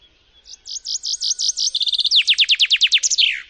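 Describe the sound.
Common chaffinch song phrase: a series of high notes, a brief fast trill, then loud downward-slurred notes ending in a drawn-out downward flourish.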